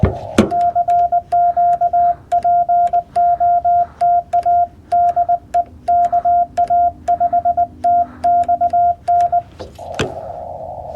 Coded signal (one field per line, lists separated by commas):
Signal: Morse code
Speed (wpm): 20 wpm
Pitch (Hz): 700 Hz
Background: none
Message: CQ POTA DE KA5TXN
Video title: CW POTA Activation w FT-891